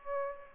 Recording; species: mosquito wingbeat signal from an infrared sensor; Aedes aegypti